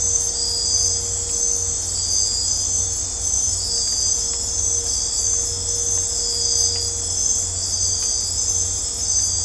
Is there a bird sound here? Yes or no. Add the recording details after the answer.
no. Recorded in dense forest near Puerto Asís, Putumayo, Colombia, on 22 December 2024 at 22:00. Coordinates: 0.503, -76.323. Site G043